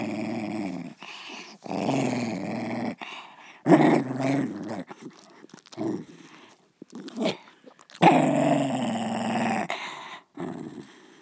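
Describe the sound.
Dog growl: deep, grating growls come in uneven bursts with short gaps and quieter sounds between them.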